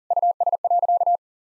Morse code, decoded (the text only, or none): US.